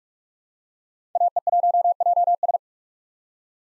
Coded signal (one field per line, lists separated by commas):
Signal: Morse code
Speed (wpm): 46 wpm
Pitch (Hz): 700 Hz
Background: none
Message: AE1JS